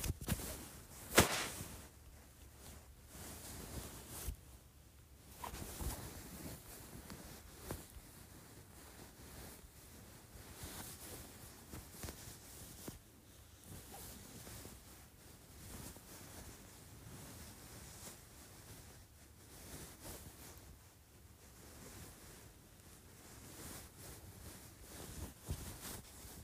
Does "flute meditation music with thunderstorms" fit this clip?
no